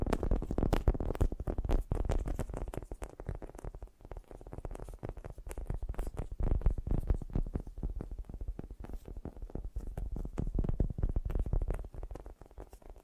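Fast, gentle tapping runs continuously, a dense flurry of soft, quick hits with no pauses. The taps are mostly low and muffled with light clicky tops, and the level stays fairly even throughout, dipping slightly near the end.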